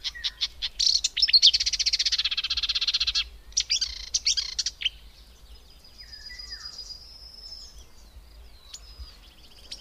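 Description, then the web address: Marsh warbler song opening with a dense rattling chatter and a long buzzy trill, then fading to scattered sharp notes and a thin whistled phrase. "agykontroll Madardalok Cd 2. Énekes nádiposzáta"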